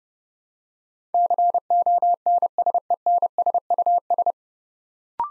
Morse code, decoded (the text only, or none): CONSENSUS